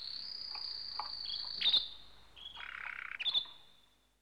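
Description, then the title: Small birds: a long thin high whistle, then a few brief sharp chirps and a soft buzzy trill, fading out at the end. "NHK Sound Effects Collection - 2-Waves, Rivers, Birds"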